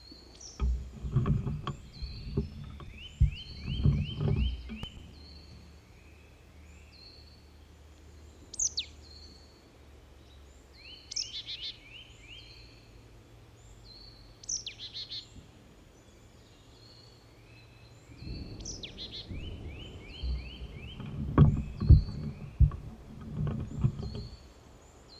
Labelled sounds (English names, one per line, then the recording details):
Marsh Tit call
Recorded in the wild
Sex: male
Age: adult
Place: Detmold, OT Hiddesen, Teutoburger Wald, Nordrhein-Westfalen, DE
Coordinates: 51.9272, 8.80583
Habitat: pond
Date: 1972-04-13
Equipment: Uher 4200 Report Stereo, Bändchenmikro Beyer M 260, Parabolspiegel Polyester (600 mm)
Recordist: Conrads, Klaus